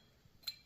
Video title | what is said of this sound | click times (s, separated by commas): Upgrade Parts Kit Installation Instructions for Rep X Pepin Fast Series Dumbbells | Locks in place. | 0.5 s